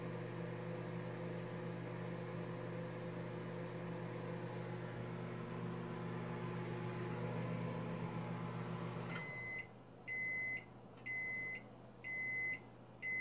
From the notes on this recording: microwave sounds